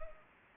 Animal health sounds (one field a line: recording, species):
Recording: mosquito wingbeat signal from an infrared sensor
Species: Anopheles gambiae